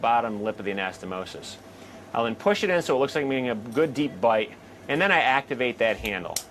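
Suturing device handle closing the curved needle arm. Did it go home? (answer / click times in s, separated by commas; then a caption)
no / none. During an endoscopic gastric bypass revision, the curved suturing arm of an endoscopic suturing device is placed at the bottom lip of the anastomosis and pushed in for a deep bite before its handle is activated. A man talks throughout. The handle has not yet clicked closed, and nothing has seated.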